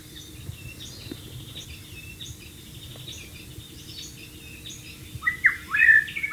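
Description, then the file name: White-rumped shama song: faint high whistled notes through most, ending with a louder tumbling phrase of sharp, sliding whistles. "suara burung murai batu di alam liar"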